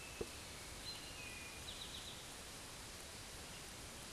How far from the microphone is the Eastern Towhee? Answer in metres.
about 90 m